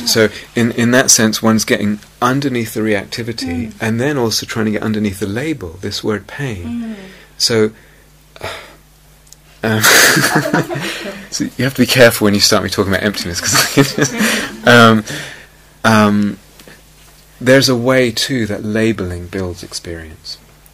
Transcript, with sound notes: So in that sense, one's getting underneath the reactivity, and then also trying to get underneath the label, this word pain. You have to be careful when you start me talking about emptiness, because [laughs] it's just... There's a way, too, that labelling builds experience, okay?